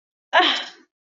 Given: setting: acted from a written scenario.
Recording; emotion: vocal sound without words; contempt